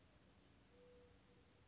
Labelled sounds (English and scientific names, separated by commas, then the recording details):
Mourning Dove (Zenaida macroura)
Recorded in Sonoma County, California